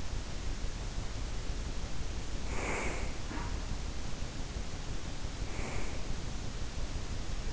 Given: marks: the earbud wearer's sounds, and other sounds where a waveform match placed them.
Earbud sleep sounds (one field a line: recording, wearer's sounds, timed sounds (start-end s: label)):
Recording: sounds in sleep by an in-ear microphone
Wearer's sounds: breath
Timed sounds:
2.32-3.82 s: breath
5.41-6.29 s: breath